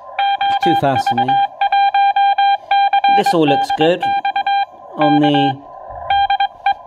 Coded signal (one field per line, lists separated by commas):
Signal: Morse code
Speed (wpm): 23 wpm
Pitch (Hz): 800 Hz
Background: speech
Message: OV1CDX K DE